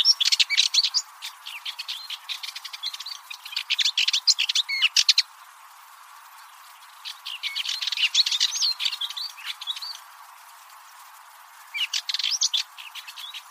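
Bird calls: fast bursts of sharp, high chirps and twittering notes, in three busy spells separated by short quiet gaps.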